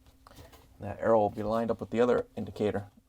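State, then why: Not seated. A plastic water supply diverter (part WPW10455272) for a Whirlpool/KitchenAid/Maytag dishwasher is handled over the tub floor, to be twisted over the locking tab until its arrow meets the indicator and snaps into place. Someone talks throughout, with faint brief ticks near 0.1 and 0.3 seconds. The clip ends before the part goes home, and nothing has seated or clicked yet.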